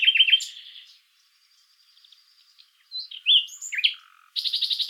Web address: pub SETE data Luscinia megarhynchos